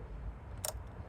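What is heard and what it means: The engine oil filler cap on the valve cover of a 2015–2017 Hyundai Sonata is put back on and twisted right until it gives a single sharp click at 0.6 s. The cap is seated and confirmed good.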